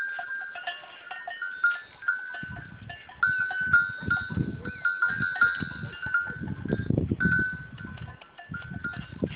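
Goats bleat in long, steady calls while low rumbling and knocking noise runs through most.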